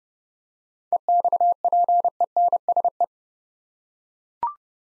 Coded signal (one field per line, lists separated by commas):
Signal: Morse code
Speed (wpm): 30 wpm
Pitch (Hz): 700 Hz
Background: none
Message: EXPENSE